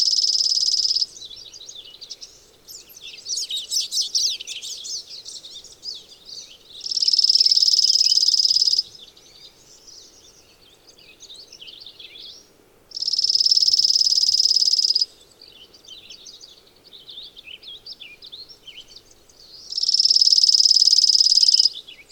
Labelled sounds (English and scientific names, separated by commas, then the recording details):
Chipping Sparrow (Spizella passerina) song
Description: Chipping Sparrow song recorded on the Cow Creek Trail in Rocky Mountain National Park
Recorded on 15 June 2015